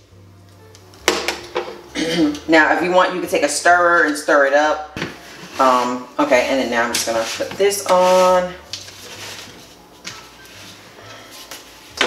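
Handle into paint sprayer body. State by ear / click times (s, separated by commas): seated / 12.0 s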